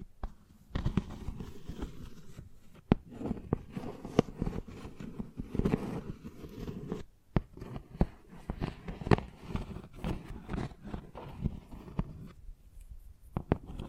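Chalk tapping and scratching over about fourteen seconds, a dense run of sharp clicks and short scrapes with a low, rough body. The strokes come irregularly, several per second, with brief pauses near seven seconds and again around twelve.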